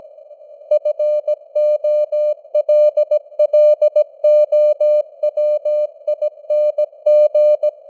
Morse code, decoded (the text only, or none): FOLLOWING